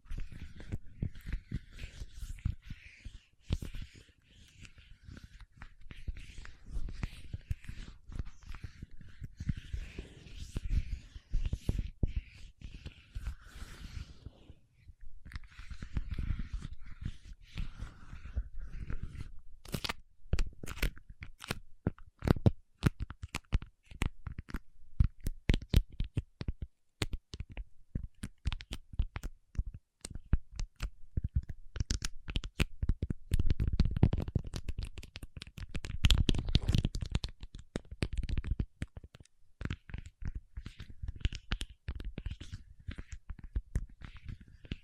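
Paraffin wax is peeled, tapped and scratched in dense, irregular crackly bursts, with sharp isolated taps after twenty seconds and a faint steady tone earlier.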